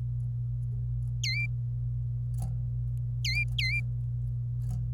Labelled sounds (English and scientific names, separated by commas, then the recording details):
Domestic Canary (Serinus canaria) song
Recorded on 26 April 2018 at 12:51
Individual llb3